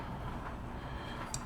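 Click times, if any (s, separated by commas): 1.3 s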